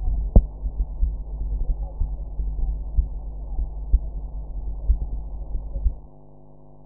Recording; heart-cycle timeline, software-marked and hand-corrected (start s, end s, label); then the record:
heart sounds
0.00	0.09	systole
0.09	0.25	S2
0.25	0.77	diastole
0.77	0.87	S1
0.87	1.01	systole
1.01	1.15	S2
1.15	1.69	diastole
1.69	1.81	S1
1.81	1.99	systole
1.99	2.11	S2
2.11	2.63	diastole
2.63	2.79	S1
2.79	2.95	systole
2.95	3.07	S2
3.07	3.59	diastole
3.59	3.71	S1
3.71	3.89	systole
3.89	4.01	S2
4.01	4.63	diastole
4.63	4.75	S1
4.75	4.87	systole
4.87	4.99	S2
4.99	5.53	diastole
5.53	5.65	S1
5.65	5.83	systole
5.83	5.95	S2
5.95	6.55	diastole
6.55	6.63	S1
6.63	6.79	systole
6.79	6.86	S2
From the record:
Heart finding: coronary artery disease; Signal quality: good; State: rest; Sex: male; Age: 60 years